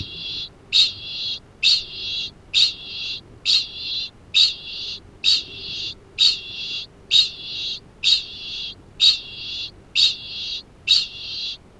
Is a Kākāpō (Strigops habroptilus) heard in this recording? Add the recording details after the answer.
yes. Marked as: faintness 2/5. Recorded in New Zealand. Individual Arab